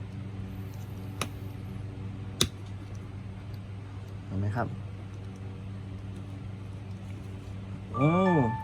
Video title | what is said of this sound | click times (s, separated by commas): เปลี่ยนจอเอง A30 A50 A550s | จากข้างล่างนะครับจะดังก๊อบแกบกบๆบเหมือนเดิมนะครับเห็น | 1.2 s, 2.4 s